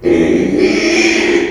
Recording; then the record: squeal of a Yucatan mini pig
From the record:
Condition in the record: after surgery on the right vocal fold (resection and tissue-engineered implant); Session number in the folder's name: 2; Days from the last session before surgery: 13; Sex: male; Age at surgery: 12 weeks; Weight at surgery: 13 kg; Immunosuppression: cyclosporine, prednisolone